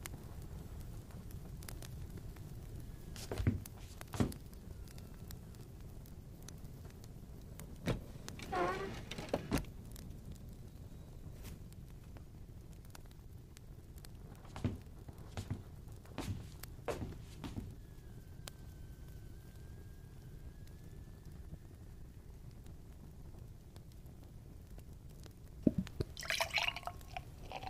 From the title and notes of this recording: Quiet tavern asmr ambience. It's pretty quiet tonight. Fire crackles gently from fireplace at the corner of the room.